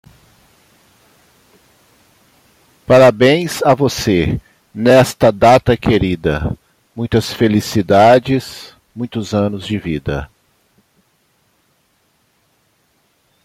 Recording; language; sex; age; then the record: short text; Brazilian Portuguese; male; 60 to 69 years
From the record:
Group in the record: control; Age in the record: 64 years